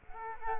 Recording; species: mosquito wingbeat signal from an infrared sensor; Culex quinquefasciatus